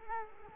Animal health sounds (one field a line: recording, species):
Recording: mosquito wingbeat signal from an infrared sensor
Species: Culex quinquefasciatus